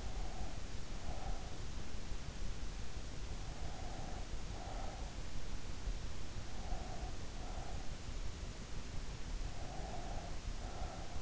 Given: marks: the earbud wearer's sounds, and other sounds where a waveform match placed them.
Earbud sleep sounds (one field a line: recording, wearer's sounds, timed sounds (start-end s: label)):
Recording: sounds in sleep by an in-ear microphone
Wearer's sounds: breath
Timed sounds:
0.00-1.88 s: breath
3.23-5.26 s: breath
6.69-8.15 s: breath
9.42-11.22 s: breath